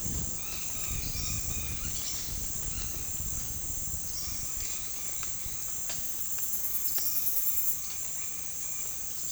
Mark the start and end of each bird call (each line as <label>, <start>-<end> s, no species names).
bird call, 0.26-2.98 s
bird call, 3.89-5.23 s
bird call, 6.77-9.31 s